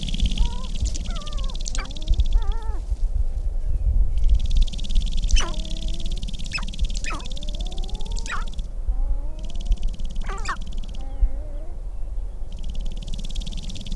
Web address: Laura's Natural Sounds Sharp-tailed Grouse